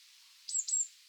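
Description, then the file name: Eurasian blue tit giving two very high, thin notes in quick succession. "Cyanistes caeruleus"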